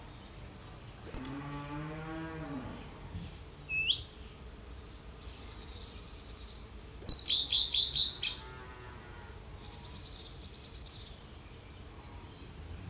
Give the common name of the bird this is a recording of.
Common Redstart